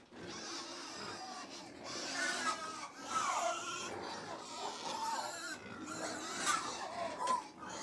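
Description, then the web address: Crowd of pigs feeding, continuous overlapping squeals and grunts with sharper squeals standing out at intervals. About 100 pigs feeding; livestock. "BBC Sound Effects Library BBC Livestock 1 Approx 100 Pigs Feeding - Middle"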